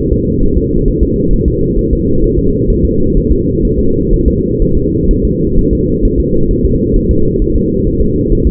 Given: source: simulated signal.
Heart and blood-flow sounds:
fetal heart sounds
0.12 s: S2
0.43 s: S1
0.58 s: S2
0.88 s: S1
1.03 s: S2
1.33 s: S1
1.48 s: S2
1.78 s: S1
1.93 s: S2
2.24 s: S1
2.39 s: S2
2.70 s: S1
2.85 s: S2
3.17 s: S1
3.31 s: S2
3.65 s: S1
3.79 s: S2
4.14 s: S1
4.28 s: S2
4.62 s: S1
4.77 s: S2
5.11 s: S1
5.25 s: S2
5.58 s: S1
5.73 s: S2
6.05 s: S1
6.20 s: S2
6.51 s: S1
6.66 s: S2
6.96 s: S1
7.11 s: S2
7.42 s: S1
7.56 s: S2
7.87 s: S1
8.01 s: S2
8.32 s: S1
8.47 s: S2
From the record:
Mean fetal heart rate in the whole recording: 130 bpm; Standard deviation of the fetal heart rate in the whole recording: 4 bpm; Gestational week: 38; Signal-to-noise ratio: -16.4 dB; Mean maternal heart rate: 72 bpm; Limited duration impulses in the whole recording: present

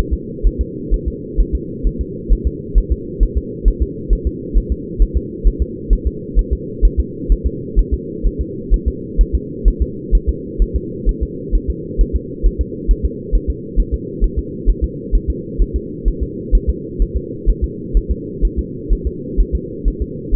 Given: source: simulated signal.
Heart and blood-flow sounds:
fetal heart sounds
0.13 s: S2
0.47 s: S1
0.61 s: S2
0.94 s: S1
1.08 s: S2
1.41 s: S1
1.55 s: S2
1.87 s: S1
2.01 s: S2
2.32 s: S1
2.47 s: S2
2.78 s: S1
2.92 s: S2
3.23 s: S1
3.38 s: S2
3.68 s: S1
3.82 s: S2
4.13 s: S1
4.27 s: S2
4.57 s: S1
4.72 s: S2
5.02 s: S1
5.17 s: S2
5.48 s: S1
5.62 s: S2
5.93 s: S1
6.07 s: S2
6.39 s: S1
6.53 s: S2
6.85 s: S1
7.00 s: S2
7.32 s: S1
7.47 s: S2
7.79 s: S1
7.94 s: S2
8.26 s: S1
8.41 s: S2
8.74 s: S1
8.88 s: S2
9.21 s: S1
9.35 s: S2
9.68 s: S1
9.82 s: S2
10.15 s: S1
10.29 s: S2
10.62 s: S1
10.76 s: S2
11.09 s: S1
11.23 s: S2
11.55 s: S1
11.70 s: S2
12.01 s: S1
12.16 s: S2
12.47 s: S1
12.61 s: S2
12.91 s: S1
13.05 s: S2
13.35 s: S1
13.50 s: S2
13.80 s: S1
13.94 s: S2
14.24 s: S1
14.39 s: S2
14.69 s: S1
14.84 s: S2
15.15 s: S1
15.30 s: S2
15.62 s: S1
15.76 s: S2
16.08 s: S1
16.23 s: S2
16.55 s: S1
16.69 s: S2
17.02 s: S1
17.17 s: S2
17.50 s: S1
17.64 s: S2
17.97 s: S1
18.12 s: S2
18.45 s: S1
18.59 s: S2
18.93 s: S1
19.07 s: S2
19.40 s: S1
19.55 s: S2
19.88 s: S1
20.02 s: S2
20.35 s: S1
From the record:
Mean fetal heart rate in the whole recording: 130 bpm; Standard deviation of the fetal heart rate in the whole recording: 2 bpm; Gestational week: 36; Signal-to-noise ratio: -4.1 dB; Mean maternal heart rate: no maternal heart sound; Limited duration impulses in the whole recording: absent

